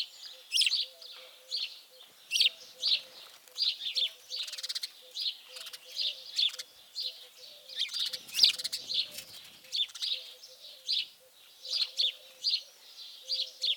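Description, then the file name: House sparrow chirping, many short bright chips repeated in steady bursts, with a faint low hum running underneath. "Passer domesticus"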